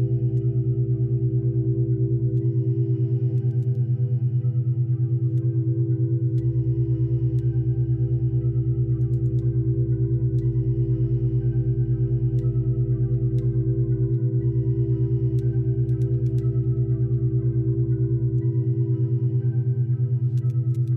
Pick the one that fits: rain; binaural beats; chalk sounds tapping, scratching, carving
binaural beats